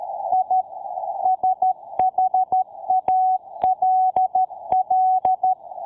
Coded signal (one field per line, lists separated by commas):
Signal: Morse code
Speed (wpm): 13 wpm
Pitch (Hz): 750 Hz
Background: none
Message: I SHALL